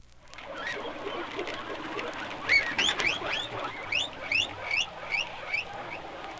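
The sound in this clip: Guinea pig squeaks: many overlapping rising and falling chirps, with a run of repeated whistled squeaks in the second half.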